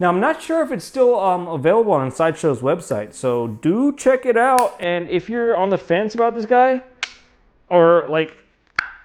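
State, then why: Not seated. Someone talks while handling an accessory part being pushed into a 1/6 scale plastic Hot Toys Batman Arkham Knight Prestige Edition figure. Short, sharp hits are heard at about 7.0 s, 8.7 s and, loudest, 8.8 s. Nothing has seated or clicked into place yet.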